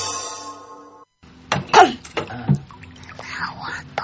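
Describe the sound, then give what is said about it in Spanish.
A short sustained tone fades out, then water pours and splashes in a few irregular, fairly loud bursts over a low steady hum. “Agua de pozo para salpicarte un poco.”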